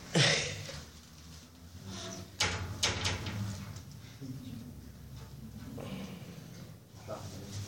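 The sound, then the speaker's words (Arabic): A door that had been left open is pushed shut during a lecture, giving a few sharp knocks and thuds spread over several seconds, with a low murmur of background noise and faint voices between them. “سنفسر، لكن يزعجني الباب مفتوح.”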